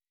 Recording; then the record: hydrophone in a shrimp aquaculture tank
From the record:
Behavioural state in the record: weakened